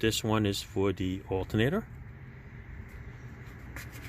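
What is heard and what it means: Someone talks over a 2017 Hyundai Elantra 2.0 while handling the plastic wiring harness connector that goes onto the new alternator. After the talking, there is quiet low background noise, with a brief faint sound at about 3.8 s. The connector has not seated or clicked in yet.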